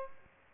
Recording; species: mosquito wingbeat signal from an infrared sensor; Aedes albopictus